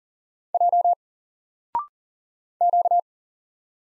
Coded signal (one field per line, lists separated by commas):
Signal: Morse code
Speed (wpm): 40 wpm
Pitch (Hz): 700 Hz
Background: none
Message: J Q